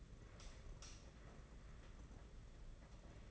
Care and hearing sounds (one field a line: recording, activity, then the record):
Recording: daily activity, microphone in the room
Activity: light on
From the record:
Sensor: 4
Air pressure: 992.7 hPa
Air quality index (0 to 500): 168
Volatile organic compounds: 244 ppm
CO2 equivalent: 4344 ppm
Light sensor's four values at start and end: 4/8/3/3 and 5/10/4/4